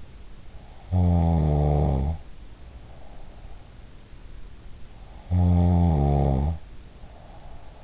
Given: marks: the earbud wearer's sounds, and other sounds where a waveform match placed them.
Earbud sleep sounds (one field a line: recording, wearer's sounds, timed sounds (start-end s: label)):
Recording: sounds in sleep by an in-ear microphone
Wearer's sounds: snoring breath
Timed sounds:
0.72-3.52 s: snoring breath
5.13-7.84 s: snoring breath